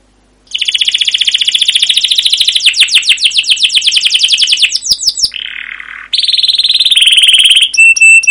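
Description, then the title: Canary song: a long, fast rolling trill of high repeated notes, then a buzzy churr and sustained whistled and buzzy notes. Canary song used as a lure (pancingan) for training other canaries; described as gacor, long rolling song (ngerol) with cuit cuit notes. "CUIT CUIT NGEROL LANGSUNG GACOR PANJANG Kenari Ini AMPUH Utk Pancingan KENAR. Masteran Suara Burung Kenari Gacor Panjang cuit cuit Ngerol untuk Pancingan Kenari!"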